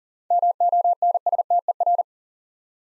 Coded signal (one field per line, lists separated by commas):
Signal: Morse code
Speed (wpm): 43 wpm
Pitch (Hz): 700 Hz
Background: none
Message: MONSTER